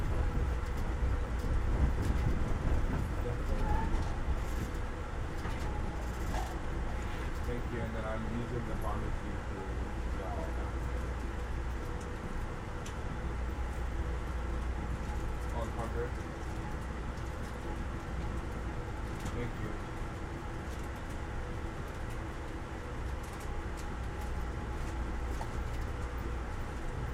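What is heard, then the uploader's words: Inside a moving train, a steady low rumble and hum fills the whole clip, with faint rattles and clicks scattered throughout. Muffled voices talk intermittently in the background, more noticeable in the first ten seconds and again around twenty seconds. Train Ride From Tampa To Ft.Lauderdale. Ambient Sounds, Train Sounds, White Noise, Talking.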